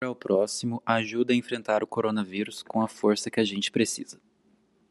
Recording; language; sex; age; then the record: spoken sentence; Brazilian Portuguese; male; 18 to 19 years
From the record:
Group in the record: control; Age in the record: 18 years